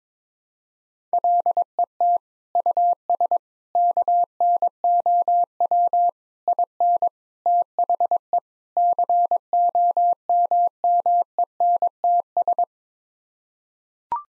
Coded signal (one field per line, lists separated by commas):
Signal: Morse code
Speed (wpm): 22 wpm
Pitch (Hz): 700 Hz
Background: none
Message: LET US KNOW IN THE COMMENTS